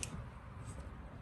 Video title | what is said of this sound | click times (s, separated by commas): Fiat 500 Abarth/Sport Front Brake Pads & Rotors Replacement. Change to Cross-Drilled Rotors | until it click there you go so | 0.0 s